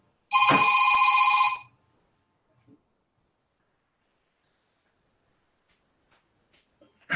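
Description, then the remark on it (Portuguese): A telephone rings once in a loud, bright burst of buzzing, harmonic tones lasting over a second, then stops and leaves near silence with a few faint ticks before another sound starts at the end. “Agora eu vou botar no telefone, né, meu?”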